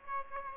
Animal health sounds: mosquito wingbeat signal from an infrared sensor; Aedes aegypti

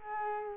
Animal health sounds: mosquito wingbeat signal from an infrared sensor; Culex quinquefasciatus

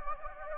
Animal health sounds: mosquito wingbeat signal from an infrared sensor; Anopheles gambiae

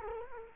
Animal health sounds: mosquito wingbeat signal from an infrared sensor; Culex quinquefasciatus

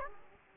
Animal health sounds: mosquito wingbeat signal from an infrared sensor; Aedes aegypti

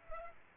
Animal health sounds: mosquito wingbeat signal from an infrared sensor; Culex pipiens

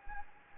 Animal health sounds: mosquito wingbeat signal from an infrared sensor; Anopheles gambiae

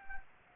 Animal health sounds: mosquito wingbeat signal from an infrared sensor; Anopheles gambiae

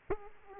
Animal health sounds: mosquito wingbeat signal from an infrared sensor; Aedes aegypti

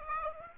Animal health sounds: mosquito wingbeat signal from an infrared sensor; Aedes aegypti

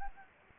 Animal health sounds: mosquito wingbeat signal from an infrared sensor; Anopheles gambiae

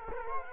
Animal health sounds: mosquito wingbeat signal from an infrared sensor; Culex quinquefasciatus

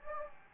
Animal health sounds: mosquito wingbeat signal from an infrared sensor; Anopheles gambiae

